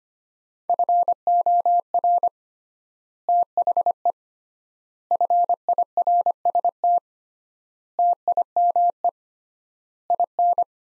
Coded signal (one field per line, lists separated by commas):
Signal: Morse code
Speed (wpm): 25 wpm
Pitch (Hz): 700 Hz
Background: none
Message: FOR THE FIRST TIME IN